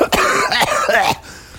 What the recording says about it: I have a fucking cough. It sounds like a smoker's cough, but I have like bronchitis. So every time I laugh.